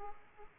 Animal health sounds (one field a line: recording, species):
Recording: mosquito wingbeat signal from an infrared sensor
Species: Aedes aegypti